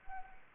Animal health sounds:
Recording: mosquito wingbeat signal from an infrared sensor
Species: Anopheles arabiensis

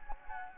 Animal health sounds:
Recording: mosquito wingbeat signal from an infrared sensor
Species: Anopheles gambiae

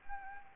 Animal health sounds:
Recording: mosquito wingbeat signal from an infrared sensor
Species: Anopheles gambiae

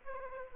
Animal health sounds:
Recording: mosquito wingbeat signal from an infrared sensor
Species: Aedes aegypti

